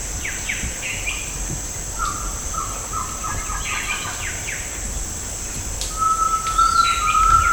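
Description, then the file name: Bird giving a stuttering pulsed trill, then later a long level whistled note, amid scattered chirps and a steady high insect drone. "SABIOD 50 bird 2015"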